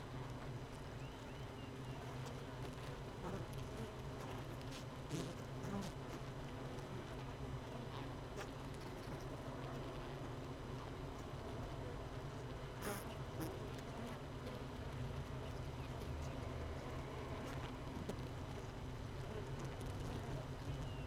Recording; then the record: honeybee colony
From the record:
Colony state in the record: missing queen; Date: 31 May 2018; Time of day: 17:20